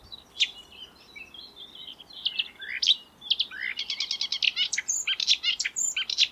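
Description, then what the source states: Marsh warbler singing a rapid, varied medley of sharp chirps, slurred whistles and buzzy trills, becoming denser toward the end over soft background noise. Song, recorded in May 2020.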